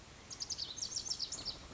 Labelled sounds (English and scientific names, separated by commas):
Lazuli Bunting (Passerina amoena)